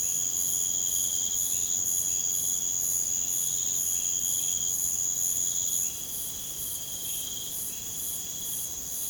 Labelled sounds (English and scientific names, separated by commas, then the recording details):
none
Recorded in pastures near Puerto Asís, Putumayo, Colombia, on 22 June 2025 at 01:00
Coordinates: 0.472, -76.331
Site G095